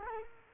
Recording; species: mosquito wingbeat signal from an infrared sensor; Culex quinquefasciatus